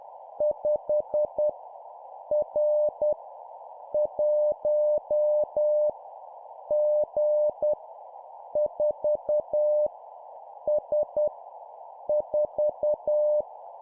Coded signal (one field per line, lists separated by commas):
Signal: Morse code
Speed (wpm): 10 wpm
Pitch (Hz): 600 Hz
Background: none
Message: 5 R 1 G 4 S 4